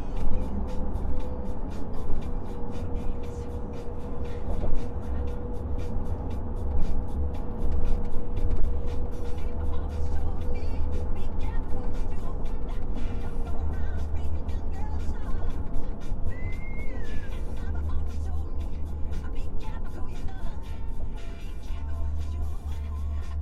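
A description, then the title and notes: Steady road noise from inside a moving car, with a deep constant engine rumble and a faint tone holding through the first half. Loudness barely changes across the drive, and a brief rising chirp sounds near the sixteen-second mark. In a car driving home.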